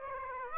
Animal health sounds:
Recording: mosquito wingbeat signal from an infrared sensor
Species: Aedes aegypti

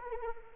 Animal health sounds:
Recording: mosquito wingbeat signal from an infrared sensor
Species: Anopheles arabiensis

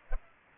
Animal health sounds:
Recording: mosquito wingbeat signal from an infrared sensor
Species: Culex pipiens

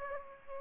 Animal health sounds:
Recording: mosquito wingbeat signal from an infrared sensor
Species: Aedes aegypti

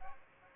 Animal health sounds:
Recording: mosquito wingbeat signal from an infrared sensor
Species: Aedes aegypti

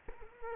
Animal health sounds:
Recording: mosquito wingbeat signal from an infrared sensor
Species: Culex quinquefasciatus

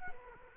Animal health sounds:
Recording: mosquito wingbeat signal from an infrared sensor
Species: Culex quinquefasciatus

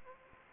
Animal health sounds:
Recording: mosquito wingbeat signal from an infrared sensor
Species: Anopheles gambiae

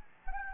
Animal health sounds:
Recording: mosquito wingbeat signal from an infrared sensor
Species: Anopheles gambiae

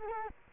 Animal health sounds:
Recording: mosquito wingbeat signal from an infrared sensor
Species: Culex quinquefasciatus

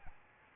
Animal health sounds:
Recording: mosquito wingbeat signal from an infrared sensor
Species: Aedes albopictus

